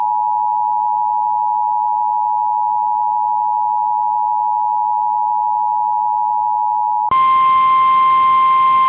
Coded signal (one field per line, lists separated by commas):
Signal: Emergency Alert System (SAME) tones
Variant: 853 and 960 Hz attention tone